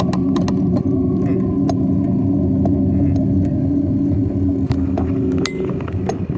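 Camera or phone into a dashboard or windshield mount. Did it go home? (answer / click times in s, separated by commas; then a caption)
yes / 5.5 s. A camera or phone is popped into its dashboard or windshield mount inside a car. A steady engine hum runs throughout, with several small taps and knocks. A sharp, loud click at 5.5 s marks it seating in the holder.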